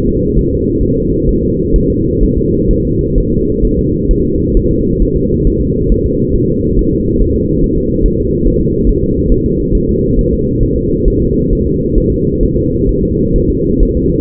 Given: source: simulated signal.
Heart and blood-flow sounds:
fetal heart sounds
0.09 s: S2
0.39 s: S1
0.53 s: S2
0.83 s: S1
0.97 s: S2
1.29 s: S1
1.43 s: S2
1.76 s: S1
1.90 s: S2
2.23 s: S1
2.38 s: S2
2.71 s: S1
2.85 s: S2
3.18 s: S1
3.32 s: S2
3.65 s: S1
3.79 s: S2
4.11 s: S1
4.25 s: S2
4.57 s: S1
4.71 s: S2
5.02 s: S1
5.16 s: S2
5.47 s: S1
5.61 s: S2
5.92 s: S1
6.06 s: S2
6.36 s: S1
6.50 s: S2
6.79 s: S1
6.93 s: S2
7.22 s: S1
7.36 s: S2
7.64 s: S1
7.78 s: S2
8.06 s: S1
8.20 s: S2
8.47 s: S1
8.61 s: S2
8.89 s: S1
9.03 s: S2
9.32 s: S1
9.46 s: S2
9.75 s: S1
9.89 s: S2
10.19 s: S1
10.33 s: S2
10.63 s: S1
10.77 s: S2
11.08 s: S1
11.22 s: S2
11.53 s: S1
11.67 s: S2
11.98 s: S1
12.12 s: S2
12.43 s: S1
12.57 s: S2
12.89 s: S1
13.03 s: S2
13.36 s: S1
13.50 s: S2
13.83 s: S1
13.97 s: S2
From the record:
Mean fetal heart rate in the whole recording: 135 bpm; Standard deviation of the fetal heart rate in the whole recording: 3 bpm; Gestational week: 36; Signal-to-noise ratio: -10.2 dB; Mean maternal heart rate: 72 bpm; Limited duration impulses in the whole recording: present

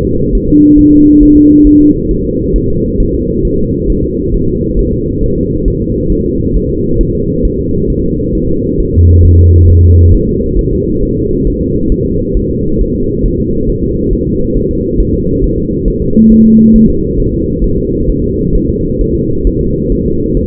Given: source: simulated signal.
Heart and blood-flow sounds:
fetal heart sounds
0.05 s: S2
0.35 s: S1
0.49 s: S2
0.79 s: S1
0.93 s: S2
1.23 s: S1
1.37 s: S2
1.67 s: S1
1.81 s: S2
2.11 s: S1
2.25 s: S2
2.56 s: S1
2.70 s: S2
3.00 s: S1
3.14 s: S2
3.45 s: S1
3.59 s: S2
3.90 s: S1
4.04 s: S2
4.34 s: S1
4.49 s: S2
4.79 s: S1
4.93 s: S2
5.24 s: S1
5.38 s: S2
5.68 s: S1
5.82 s: S2
6.12 s: S1
6.26 s: S2
6.56 s: S1
6.71 s: S2
7.01 s: S1
7.15 s: S2
7.45 s: S1
7.59 s: S2
7.90 s: S1
8.04 s: S2
8.35 s: S1
8.49 s: S2
8.80 s: S1
8.94 s: S2
9.25 s: S1
9.39 s: S2
9.70 s: S1
9.84 s: S2
10.14 s: S1
10.29 s: S2
10.59 s: S1
10.73 s: S2
11.03 s: S1
11.17 s: S2
11.47 s: S1
11.61 s: S2
11.92 s: S1
12.06 s: S2
12.37 s: S1
12.51 s: S2
12.81 s: S1
12.95 s: S2
13.26 s: S1
13.40 s: S2
13.70 s: S1
13.84 s: S2
14.13 s: S1
14.27 s: S2
14.57 s: S1
14.71 s: S2
15.00 s: S1
15.14 s: S2
15.44 s: S1
15.58 s: S2
15.88 s: S1
16.02 s: S2
16.32 s: S1
16.46 s: S2
16.76 s: S1
16.90 s: S2
17.20 s: S1
17.34 s: S2
17.64 s: S1
17.78 s: S2
18.09 s: S1
18.24 s: S2
18.55 s: S1
18.69 s: S2
19.01 s: S1
19.15 s: S2
19.47 s: S1
19.61 s: S2
19.92 s: S1
20.06 s: S2
20.37 s: S1
From the record:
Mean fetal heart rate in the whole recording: 135 bpm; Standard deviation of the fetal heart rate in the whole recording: 3 bpm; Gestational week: 36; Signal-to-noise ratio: -15.3 dB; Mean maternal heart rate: 72 bpm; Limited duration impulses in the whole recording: present

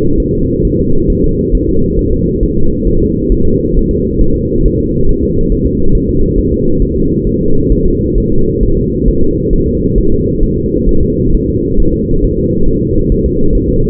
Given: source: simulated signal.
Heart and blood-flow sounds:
fetal heart sounds
0.20 s: S1
0.34 s: S2
0.65 s: S1
0.79 s: S2
1.10 s: S1
1.24 s: S2
1.55 s: S1
1.69 s: S2
1.99 s: S1
2.13 s: S2
2.43 s: S1
2.57 s: S2
2.87 s: S1
3.02 s: S2
3.32 s: S1
3.46 s: S2
3.77 s: S1
3.91 s: S2
4.21 s: S1
4.36 s: S2
4.65 s: S1
4.80 s: S2
5.09 s: S1
5.23 s: S2
5.52 s: S1
5.66 s: S2
5.95 s: S1
6.09 s: S2
6.38 s: S1
6.53 s: S2
6.82 s: S1
6.96 s: S2
7.27 s: S1
7.41 s: S2
7.72 s: S1
7.87 s: S2
8.18 s: S1
8.32 s: S2
8.63 s: S1
8.77 s: S2
9.08 s: S1
9.23 s: S2
9.53 s: S1
9.68 s: S2
9.98 s: S1
10.12 s: S2
10.43 s: S1
10.58 s: S2
10.89 s: S1
11.03 s: S2
11.34 s: S1
11.49 s: S2
11.80 s: S1
11.94 s: S2
12.25 s: S1
12.39 s: S2
12.69 s: S1
12.83 s: S2
13.12 s: S1
13.26 s: S2
13.55 s: S1
13.69 s: S2
From the record:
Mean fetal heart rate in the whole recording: 135 bpm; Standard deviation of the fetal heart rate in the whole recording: 3 bpm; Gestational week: 36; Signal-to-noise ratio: -17.7 dB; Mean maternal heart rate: 72 bpm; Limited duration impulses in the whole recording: present

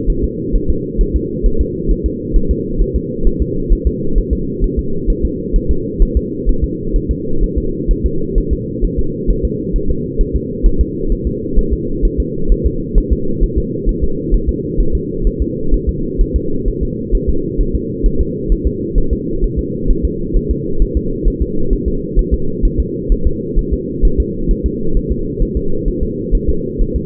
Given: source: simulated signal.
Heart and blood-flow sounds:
fetal heart sounds
0.10 s: S1
0.24 s: S2
0.56 s: S1
0.70 s: S2
1.01 s: S1
1.16 s: S2
1.46 s: S1
1.61 s: S2
1.91 s: S1
2.06 s: S2
2.36 s: S1
2.51 s: S2
2.82 s: S1
2.96 s: S2
3.27 s: S1
3.42 s: S2
3.72 s: S1
3.87 s: S2
4.18 s: S1
4.33 s: S2
4.64 s: S1
4.79 s: S2
5.10 s: S1
5.25 s: S2
5.56 s: S1
5.71 s: S2
6.02 s: S1
6.17 s: S2
6.49 s: S1
6.64 s: S2
6.96 s: S1
7.11 s: S2
7.44 s: S1
7.58 s: S2
7.91 s: S1
8.06 s: S2
8.38 s: S1
8.53 s: S2
8.85 s: S1
8.99 s: S2
9.30 s: S1
9.45 s: S2
9.76 s: S1
9.90 s: S2
10.21 s: S1
10.36 s: S2
10.66 s: S1
10.81 s: S2
11.12 s: S1
11.27 s: S2
11.59 s: S1
11.73 s: S2
12.05 s: S1
12.20 s: S2
12.52 s: S1
12.66 s: S2
12.98 s: S1
13.13 s: S2
13.44 s: S1
13.58 s: S2
13.89 s: S1
14.04 s: S2
14.34 s: S1
14.49 s: S2
14.80 s: S1
14.95 s: S2
15.27 s: S1
15.42 s: S2
15.74 s: S1
15.89 s: S2
16.21 s: S1
16.36 s: S2
16.68 s: S1
16.83 s: S2
17.15 s: S1
17.29 s: S2
17.61 s: S1
17.75 s: S2
18.06 s: S1
18.21 s: S2
18.52 s: S1
18.67 s: S2
18.98 s: S1
19.13 s: S2
19.44 s: S1
19.59 s: S2
19.91 s: S1
20.05 s: S2
20.37 s: S1
20.51 s: S2
20.82 s: S1
20.97 s: S2
21.28 s: S1
21.42 s: S2
21.73 s: S1
21.88 s: S2
22.19 s: S1
22.34 s: S2
22.65 s: S1
22.80 s: S2
23.12 s: S1
23.27 s: S2
23.59 s: S1
23.73 s: S2
24.05 s: S1
24.20 s: S2
24.51 s: S1
24.66 s: S2
24.97 s: S1
25.12 s: S2
25.43 s: S1
25.57 s: S2
25.88 s: S1
26.03 s: S2
26.35 s: S1
26.49 s: S2
26.81 s: S1
26.96 s: S2
From the record:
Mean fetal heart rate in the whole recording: 130 bpm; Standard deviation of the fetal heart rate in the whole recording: 2 bpm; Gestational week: 38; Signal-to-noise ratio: -8.1 dB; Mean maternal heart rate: 72 bpm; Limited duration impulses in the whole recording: absent

